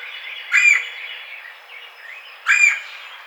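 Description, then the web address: Red-bellied woodpecker uttering two rough, rolling kwirr notes about two seconds apart, with soft hiss and faint bird notes between them. Recorded on 4 May 2009. "Red-bellied Woodpecker 2009 05 04"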